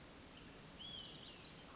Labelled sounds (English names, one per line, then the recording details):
Olive-sided Flycatcher
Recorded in Sonoma County, California